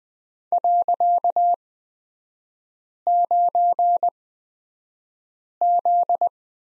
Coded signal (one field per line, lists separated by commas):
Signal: Morse code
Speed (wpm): 20 wpm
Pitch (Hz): 700 Hz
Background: none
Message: .9Z